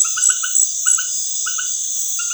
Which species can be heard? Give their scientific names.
none